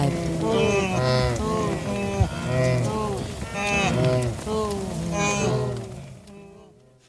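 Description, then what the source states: Wildebeest grunts: a rapid series of short, buzzy honks, steady for several seconds before fading away at the end. Adult.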